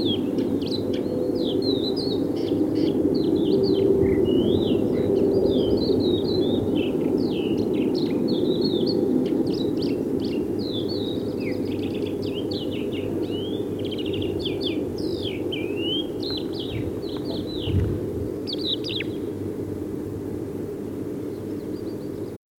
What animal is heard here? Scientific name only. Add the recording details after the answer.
Galerida cristata. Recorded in the wild. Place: Schwerin, Mecklenburg-Vorpommern, DE. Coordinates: 53.6, 11.435. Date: 1984-04-22 05:11. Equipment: Nagra III BH, Sennheiser MD 21, parabola. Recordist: Schubert, Michael